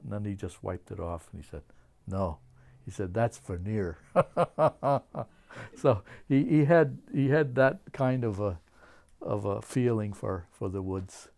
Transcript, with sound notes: And then he just wiped it off, and he said, "No." He said, "That's veneer." (he laughs) So he, he had, he had that kind of a feeling for the woods.